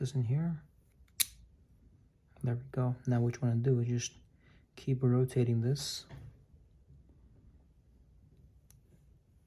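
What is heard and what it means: Someone talks while putting an internal part into the body of a Pop 2.0 fidget toy during reassembly and rotating it to click it into place. Brief handling taps and clicks are heard between the talk, but the part has not seated or clicked into place yet by the end of the clip.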